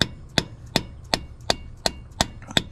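A new brass injector cup on a 2000 F-250 is driven with a hammer and installer tool into its bore in the diesel cylinder head. Eight sharp, evenly spaced metallic blows ring out about every 0.37 seconds, each with a bright ringing tone. Nothing has seated yet.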